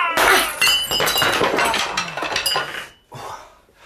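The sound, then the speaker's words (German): A loud, chaotic crash as a table, chairs and glasses are knocked over by a lightning-fast kick, with dense clattering and tinkling debris for about three seconds, then a brief pause and a final smaller clatter. “Der erhobene Arm, die Kristallkugel gerade einen Zentimeter von Jurys Kopf entfernt und der blitzschnelle Fuß von Wiggins, der alles umwarf. Tisch, Stühle, Gläser und auch Jury”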